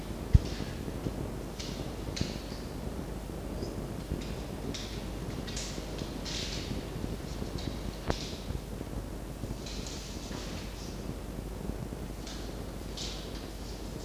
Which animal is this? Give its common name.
Red Fox